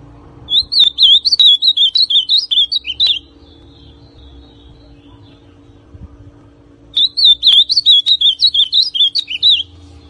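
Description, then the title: Ultramarine grosbeak song: two bursts of rapid, warbled whistled notes, each lasting about two and a half seconds, separated by a long quiet pause, with faint low hum beneath. Classic song style, original. "Azulão Canto Clássico Original"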